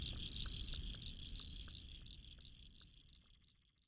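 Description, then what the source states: Frog chorus of short clicking pulses over a steady high trilling drone, fading toward the end, with a low rumbling roar underneath. Spring frog chorus at dusk by the South Pacific Ocean, Royal National Park, Australia, November 2015.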